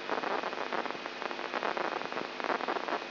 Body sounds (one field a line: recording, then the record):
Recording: brain microelectrode recording played as sound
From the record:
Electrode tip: inside the subthalamic nucleus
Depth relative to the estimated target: -2 mm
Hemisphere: left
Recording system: AlphaMap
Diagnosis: Parkinson's disease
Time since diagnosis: 11 years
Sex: male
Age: 67 years